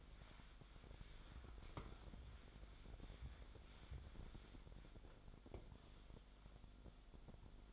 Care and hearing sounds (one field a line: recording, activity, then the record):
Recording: daily activity, microphone in the room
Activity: wipe stove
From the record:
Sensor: 5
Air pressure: 1007.2 hPa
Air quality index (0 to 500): 174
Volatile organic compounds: 4 ppm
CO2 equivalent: 1662 ppm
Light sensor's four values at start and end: 53/146/58/58 and 52/143/57/57